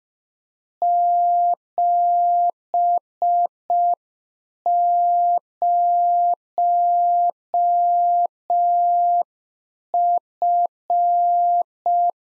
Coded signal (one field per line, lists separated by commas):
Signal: Morse code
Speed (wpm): 5 wpm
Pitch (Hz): 700 Hz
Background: none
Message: 70F